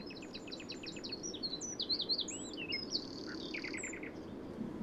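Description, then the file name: Eurasian wren song, rapid high repeated notes and varied twitters with a sustained trill, over a low background rumble. "Troglodytes troglodytes"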